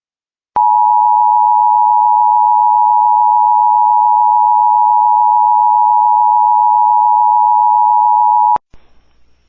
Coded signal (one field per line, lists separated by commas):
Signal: Emergency Alert System (SAME) tones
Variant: 853 and 960 Hz attention tone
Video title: Georgia AMBER ALERT about a endangered 2 year old girl EAS #47￼